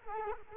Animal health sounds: mosquito wingbeat signal from an infrared sensor; Culex quinquefasciatus

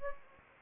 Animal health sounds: mosquito wingbeat signal from an infrared sensor; Anopheles gambiae

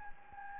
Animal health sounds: mosquito wingbeat signal from an infrared sensor; Anopheles gambiae

